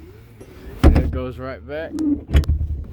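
A modified fold-down rear seat in the cab of a 2019-or-later Ram 1500 pickup is pushed back up toward its upright position, while someone talks. Thumps and handling knocks are heard around 0.9 s and 2.4 s. The latch has not caught and nothing has seated yet.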